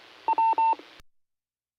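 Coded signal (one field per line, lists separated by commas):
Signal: none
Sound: repeater courtesy tone beeps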